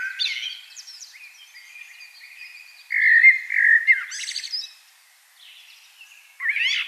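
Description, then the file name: Common blackbird song: a soft warbled start, then a loud fluty phrase around three seconds ending in a high twittering rattle. "Turdus merula"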